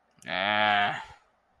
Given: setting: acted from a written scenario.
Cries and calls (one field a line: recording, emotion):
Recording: vocal sound without words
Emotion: contempt